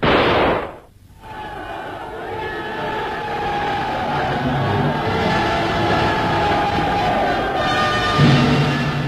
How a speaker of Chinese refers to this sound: 庆祝战斗胜利的欢呼声中，游击队又要奔赴新的战斗岗位。